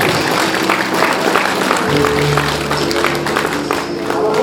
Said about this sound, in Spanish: Fuerte los aplausos, por favor.